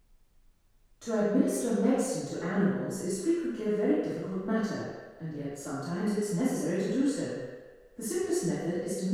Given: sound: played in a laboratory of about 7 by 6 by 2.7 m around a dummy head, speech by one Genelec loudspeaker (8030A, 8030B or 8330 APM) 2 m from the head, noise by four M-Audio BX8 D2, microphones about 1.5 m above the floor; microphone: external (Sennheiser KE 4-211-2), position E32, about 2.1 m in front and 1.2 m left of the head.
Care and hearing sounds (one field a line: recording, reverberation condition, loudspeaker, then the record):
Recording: female speech in English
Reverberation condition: high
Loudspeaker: 90 degrees to the left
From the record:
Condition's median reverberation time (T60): about 1300 ms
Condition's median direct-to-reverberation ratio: about -4.0 dB